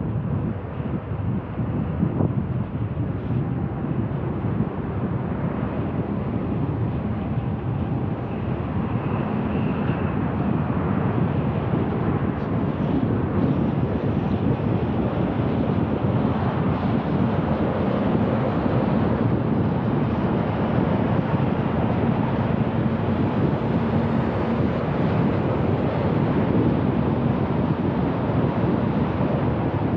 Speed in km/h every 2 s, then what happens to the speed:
33, 35, 37, 39, 41, 43, 45, 48, 50, 52, 54, 54, 54, 54, 53.
0-20 speeds up to 54. 20-30 steady at about 54.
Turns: none.